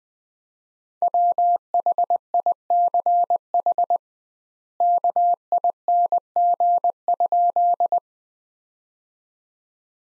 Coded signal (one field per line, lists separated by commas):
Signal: Morse code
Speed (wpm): 20 wpm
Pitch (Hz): 700 Hz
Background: none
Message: WHICH KING?